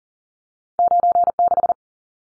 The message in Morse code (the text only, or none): 96